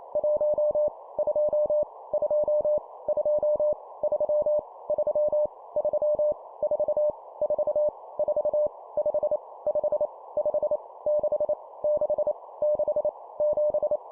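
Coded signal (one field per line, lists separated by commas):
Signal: Morse code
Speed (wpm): 28 wpm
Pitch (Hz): 600 Hz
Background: none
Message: 1 2 2 2 3 3 3 4 4 4 5 5 5 6 6 6 7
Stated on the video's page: Morse copy-speed drill of numbers at 25 wpm, each repeated three times.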